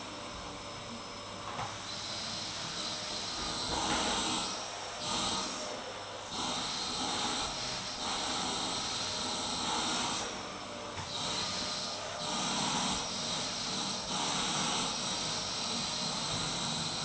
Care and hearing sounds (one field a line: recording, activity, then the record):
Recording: daily activity, microphone in the room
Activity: vacuum cleaning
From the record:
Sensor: 3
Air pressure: 991.0 hPa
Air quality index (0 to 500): 129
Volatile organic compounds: 151 ppm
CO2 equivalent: 4026 ppm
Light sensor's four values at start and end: 30/72/29/27 and 30/71/29/27